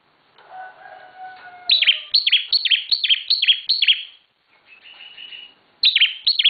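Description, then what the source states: Bar-winged prinia song: a run of sharp descending chirps repeated rapidly, preceded by soft whistled notes and followed after a pause by another burst. Long song recording made for training cage birds.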